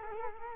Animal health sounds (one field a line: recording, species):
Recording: mosquito wingbeat signal from an infrared sensor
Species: Culex quinquefasciatus